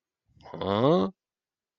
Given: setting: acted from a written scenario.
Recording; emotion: vocal sound without words; confusion